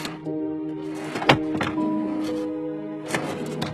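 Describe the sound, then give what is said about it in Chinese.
Desk drawers and cabinet doors are opened one by one as someone searches by flashlight behind the front counter of a lobby, each giving a sharp wooden thunk or short sliding clatter, four or so bursts spaced irregularly over a steady low hum. “他走到大堂，打开柜台后的门，用手电筒一照，看见摆着桌子和柜子， 他逐个翻看桌子抽屉和柜子。”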